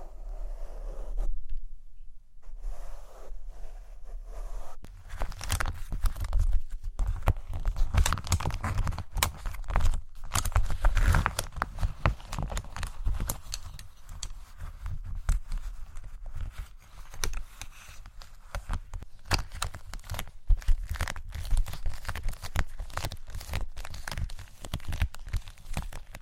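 A microphone is brushed and tapped, starting softly with a brief silence, then after about five seconds becoming a dense, continuous scratchy rubbing. Frequent sharp taps and dull low thumps are scattered through it, loud and irregular, until the end.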